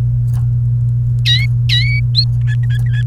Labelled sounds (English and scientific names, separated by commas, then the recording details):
Domestic Canary (Serinus canaria) song
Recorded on 29 April 2018 at 09:39
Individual llb3